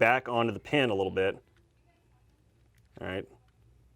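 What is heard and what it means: During frame reassembly of a Smith & Wesson SD9VE / SD40VE polymer-frame pistol, a trigger and slide-stop component is pushed onto its pin in the frame. Someone talks from the start to about 1.4 s and again briefly around 3.0 s, with quiet handling in between. Nothing has seated or clicked yet.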